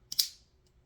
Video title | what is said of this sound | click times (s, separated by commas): Glock 17 spring upgrades-The journey continues | then when you push in the rest of the way when you hear a click you're done | 0.1 s, 0.2 s